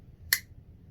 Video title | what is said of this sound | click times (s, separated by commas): Frost Cutlery Navaja knife review | It really snaps closed. | 0.3 s